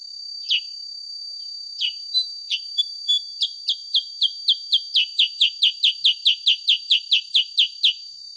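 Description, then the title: Sooty-headed bulbul song: sharp downslurred chips, sparse at first, then a rapid even series several per second, over a steady high tone. Original natural song offered as a master recording for training songbirds, suited for use as a lure (pancingan) to prompt other birds. "Masteran Kutilang Sutra. SUARA ASLI KUTILANG SUTRA COCOK UNTUK PANCINGAN"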